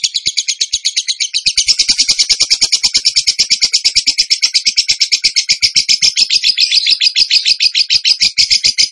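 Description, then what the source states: Bird song: a long, fast, rattling trill of high chirps that keeps going unbroken for the whole stretch. Bird song in the tembakan gacor style, used as masteran (training for other birds).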